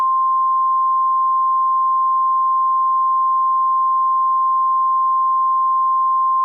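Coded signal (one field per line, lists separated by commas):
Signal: Emergency Alert System (SAME) tones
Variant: 1050 Hz attention tone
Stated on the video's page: Fictional EAS scenario.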